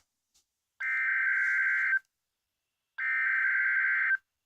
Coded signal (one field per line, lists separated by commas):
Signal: Emergency Alert System (SAME) tones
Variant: header bursts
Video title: EAS 58 and 59 SVR and TOR in Florida